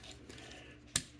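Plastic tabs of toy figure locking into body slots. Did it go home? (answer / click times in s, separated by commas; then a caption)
yes / 1.0 s. Two plastic tabs on a Legacy United Rescue Bots Universe Chase Deluxe toy robot figure are pressed tightly into their body slots during transformation. After a quiet stretch of low handling noise, a single sharp snap is heard at 1.0 s as the tabs lock in and seat.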